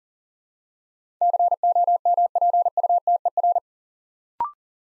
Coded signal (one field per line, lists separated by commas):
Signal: Morse code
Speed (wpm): 39 wpm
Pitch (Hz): 700 Hz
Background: none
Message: COMPUTER